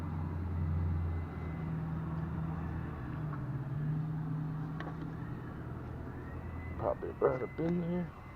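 While a clutch master cylinder is being replaced on a Jeep Wrangler TJ, its pushrod is handled under the dash to be pushed up onto the clutch pedal pin; nothing has clicked or seated yet. A steady low hum runs throughout with a brief sharp tick near 4.8 s, and someone talks.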